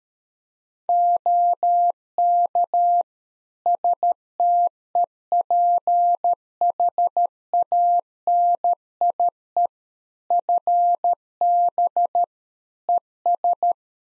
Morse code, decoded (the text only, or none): OK STEPHANIE FB ES